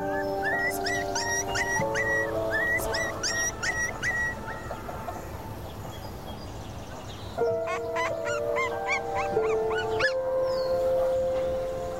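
A puppy, one of several, whines in high, thin, repeated yelps and drawn-out whimpers as it is picked up and held in someone's arms, with a brief lull midway before the fretful crying picks up again, steady and fairly loud.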